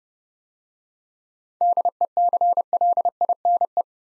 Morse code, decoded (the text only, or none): DECLINE